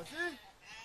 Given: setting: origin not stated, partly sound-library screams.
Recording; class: one-second piece from a danger detection set; normal situation